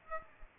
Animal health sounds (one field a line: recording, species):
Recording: mosquito wingbeat signal from an infrared sensor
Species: Aedes aegypti